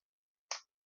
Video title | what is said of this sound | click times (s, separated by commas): Dart Zone Pirate Blasters Review | You got to bring it back just enough to hear that click and then you can safely fire it. | 0.5 s